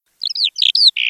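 Eurasian skylark song fragment: a brief burst of high, slurred chirps ending in a short buzzy trill.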